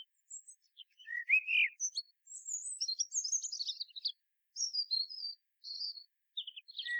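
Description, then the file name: Common blackbird song with a short low whistled warble followed by a run of thin, high twittering and squeaky notes. "Turdus merula"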